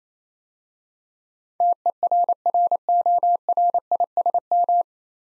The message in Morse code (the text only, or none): TERRORISM